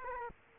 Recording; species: mosquito wingbeat signal from an infrared sensor; Culex quinquefasciatus